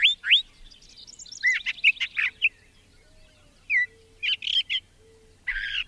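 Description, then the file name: Brown thrasher singing phrases of mixed notes: rising chirps, a burst of harsh, clustered notes, a short whistle and more rough notes, with short pauses between. "suara-kicauan-brown-thraser omkicau"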